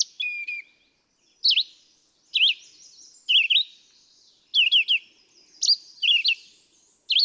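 Red-eyed vireo song of terse slurred phrases, some rising, some dropping, delivered one after another about once a second.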